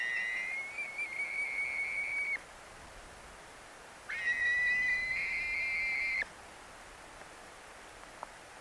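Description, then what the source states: European honey buzzard begging calls: two long, mournful, slightly quavering whistles separated by a pause. Ringed youngster from the small Scottish breeding population; unique, mournful begging calls.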